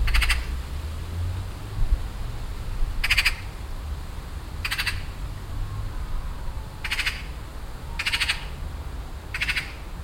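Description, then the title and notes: Eurasian magpie calling in six harsh, grating rattles at irregular intervals against a low rumbling background. Magpie in a tree in a garden, loudly signalling; wind rustling in birch trees; Rilkestrasse, Weiden, Cologne (Refrath); nearfield recording. "cologne, weiden, rilkestrasse, elster. Refrath. elster in baum in einem garten, laut signal gebend, ein pkw fährt vorbei, das rauschen des windes in den birkenbäumen soundmap nrw"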